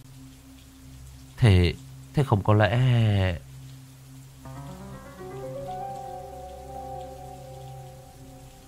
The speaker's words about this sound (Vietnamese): Chiếu đèn pin lên xô quét khắp nơi, bốn bể im phăng phắc, mưa vẫn rì rào trong đêm.